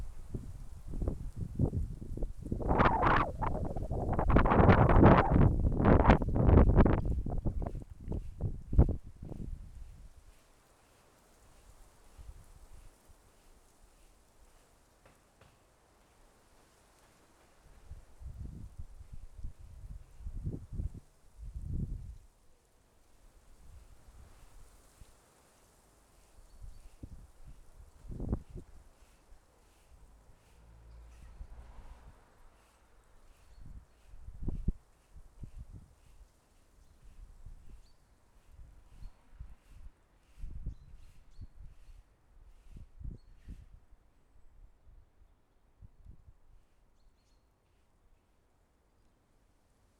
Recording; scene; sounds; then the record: everyday scene through a hearing-aid microphone; wind on the microphone; wind, other noises, traffic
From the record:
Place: suburban garden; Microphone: behind the ear, left, rear